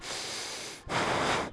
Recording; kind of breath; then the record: one breath in and out by a microphone near the nose and mouth; strong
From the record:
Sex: male